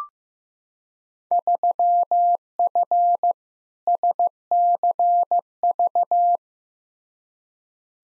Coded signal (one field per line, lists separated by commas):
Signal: Morse code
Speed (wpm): 15 wpm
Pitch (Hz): 700 Hz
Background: none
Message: 3F SCV